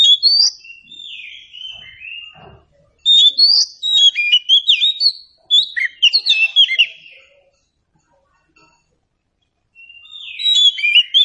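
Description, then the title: Oriental magpie-robin singing bursts of rich whistled and chattering notes, with short pauses between phrases and a long silent gap before a final phrase. Meant to prompt a bird to sing in reply. "Nyaut Kacer"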